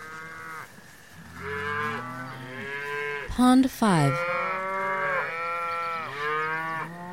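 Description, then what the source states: Cow: cattle mooing, several overlapping harmonic lowing calls of varied pitch, one brief sharp higher sound midway. Cows grazing in pasture.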